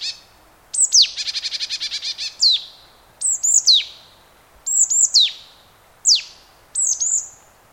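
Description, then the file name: Marsh tit calls: sharp, high downslurred notes, then a rapid buzzy series of about ten notes, followed by paired bright notes repeated several times. "Poecile palustris"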